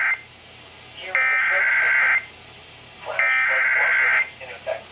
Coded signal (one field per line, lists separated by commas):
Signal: Emergency Alert System (SAME) tones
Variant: header bursts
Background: speech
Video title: Emergency Programming... EAS Alerts from 6/9/19 - 6/10/19 (EAS #2,661 - 2,693)